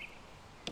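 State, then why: Seated. A new plastic rear wiper blade is pushed onto the rear wiper arm of a Toyota RAV4 SUV. Low background noise runs until a single sharp click at 0.7 s, when the blade seats onto the arm.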